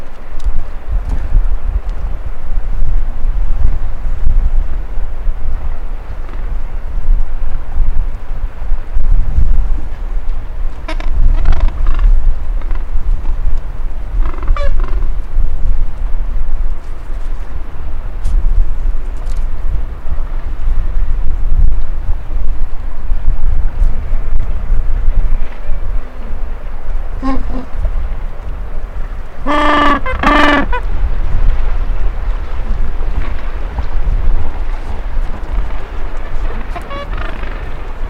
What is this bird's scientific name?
Pygoscelis papua